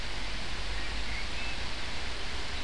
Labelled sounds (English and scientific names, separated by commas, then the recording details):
Common Blackbird (Turdus merula)
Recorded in Germany
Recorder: ecoPi